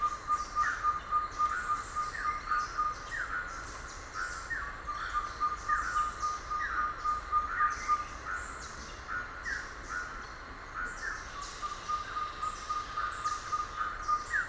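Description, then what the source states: Ferruginous pygmy owl call: long runs of rapid, even whistled toots on one pitch, pausing briefly midway. Another bird gives slurred notes about every second, with bursts of higher rasping sounds. Recorded 30 October 2001.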